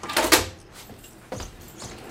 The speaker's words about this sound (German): Haben Sie die Tür für mich schon aufgemacht?